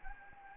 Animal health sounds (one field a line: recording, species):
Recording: mosquito wingbeat signal from an infrared sensor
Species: Anopheles gambiae